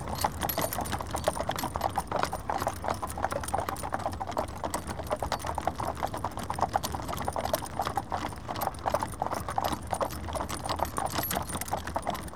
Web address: BBC Sound Effects Library - Horses Dogs Norwich Union Stagecoach And Four